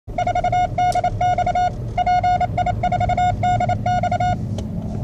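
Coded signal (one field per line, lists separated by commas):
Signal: Morse code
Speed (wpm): 29 wpm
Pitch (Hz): 720 Hz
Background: none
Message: 4DX PI4DX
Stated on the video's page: Mobile CW.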